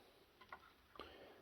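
A second memory stick is pressed into its DIMM slot on a Gigabyte B760M Gaming X AX motherboard, and the slot latches give a double click, with sharp ticks at 0.5 s and 1.0 s. The stick is seated, the same way as the first one.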